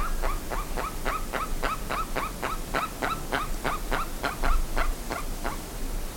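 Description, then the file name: Bird calling in a fast, fairly even sequence of short harsh notes, roughly three each second, with steady low rumble behind. "SABIOD 50 bird 2015"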